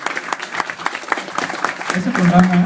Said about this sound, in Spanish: En serio, un fuerte aplauso para ti.